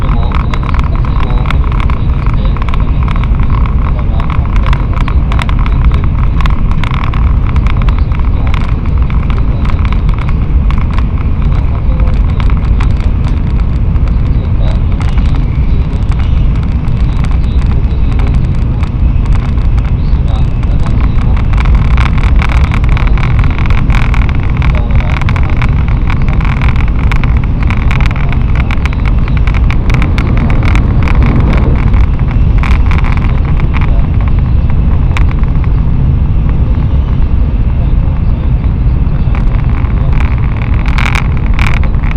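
A Tokaido Shinkansen Kodama train between Hamamatsu and Shizuoka, its heavy, steady low rumble running unbroken, with frequent faint rattles and ticks above.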